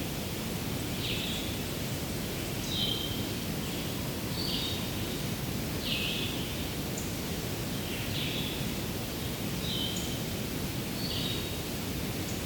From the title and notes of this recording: A July Morning at Hector Falls. Along the trail to Hector Falls I left a recorder for about half a hour. Red-eyed vireos dominate, with the occasional Black-throated Green Warbler, White-breasted Nuthatch, and a number of other songbird species. With a Zoom F1 recorder at Hector Falls Trail in Allegheny National Forest, Pennsylvania, USA.